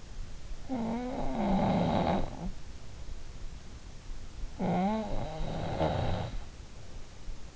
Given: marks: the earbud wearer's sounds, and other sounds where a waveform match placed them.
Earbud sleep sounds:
sounds in sleep by an in-ear microphone; snoring breath
0.00-3.13 s: snoring breath
3.76-6.96 s: snoring breath

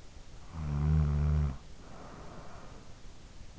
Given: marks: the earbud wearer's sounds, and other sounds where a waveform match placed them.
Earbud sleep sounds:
sounds in sleep by an in-ear microphone; snoring breath
0.23-3.58 s: snoring breath

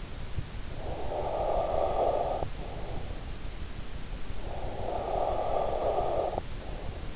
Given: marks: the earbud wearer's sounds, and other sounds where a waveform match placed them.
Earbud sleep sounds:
sounds in sleep by an in-ear microphone; breath
0.53-3.20 s: breath
4.07-7.16 s: breath

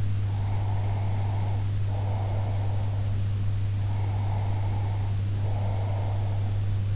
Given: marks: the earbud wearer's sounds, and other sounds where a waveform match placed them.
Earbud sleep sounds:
sounds in sleep by an in-ear microphone; breath
0.28-3.08 s: breath
3.82-6.54 s: breath

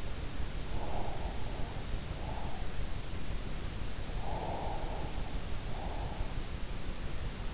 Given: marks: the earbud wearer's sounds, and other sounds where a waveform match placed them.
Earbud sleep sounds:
sounds in sleep by an in-ear microphone; breath
0.85-2.74 s: breath
4.31-6.11 s: breath

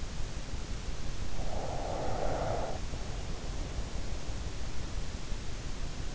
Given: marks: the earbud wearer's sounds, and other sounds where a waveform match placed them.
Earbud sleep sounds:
sounds in sleep by an in-ear microphone; breath
1.33-3.90 s: breath

